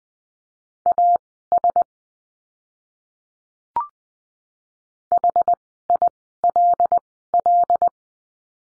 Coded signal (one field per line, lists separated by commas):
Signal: Morse code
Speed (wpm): 20 wpm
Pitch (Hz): 700 Hz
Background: none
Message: AS HILL